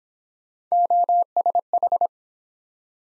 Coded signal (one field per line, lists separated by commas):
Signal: Morse code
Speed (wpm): 27 wpm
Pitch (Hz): 700 Hz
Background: none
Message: OSH